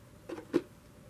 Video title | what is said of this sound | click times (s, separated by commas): MVI 9068 | put this over it'll it'll click right into place | 0.3 s, 0.6 s